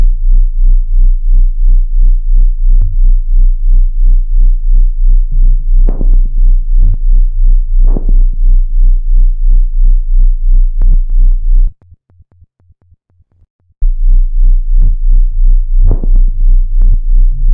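Steady, closely spaced low thumps repeat in an even rhythm, with a brief drop to near silence about two-thirds of the way through before the beat resumes. This is a cosmonaut's regular heartbeat.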